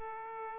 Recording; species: mosquito wingbeat signal from an infrared sensor; Aedes aegypti